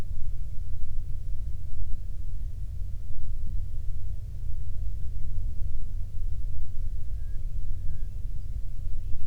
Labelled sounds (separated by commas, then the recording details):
bird
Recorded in the Prudhoe Bay oil fields, Alaska, on 13 June 2019 at 00:01
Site 24